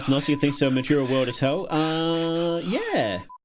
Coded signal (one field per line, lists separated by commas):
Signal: Morse code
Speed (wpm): 18 wpm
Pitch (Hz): 1000 Hz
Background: speech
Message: BELIEF